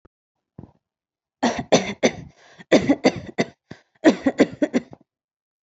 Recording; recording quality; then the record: shallow voluntary cough; excellent, no background noise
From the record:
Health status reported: healthy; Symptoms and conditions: none ticked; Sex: female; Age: 24 years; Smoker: not ticked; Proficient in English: yes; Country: United States